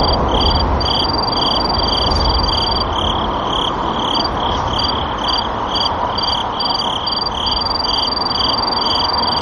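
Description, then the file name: Sword-tail cricket singing high, ringing trills lasting about two seconds, separated by short chirps, with a steady lower pulsing sound and constant hiss. Recorded 1 November 2013. "20131101 A-kinhibari"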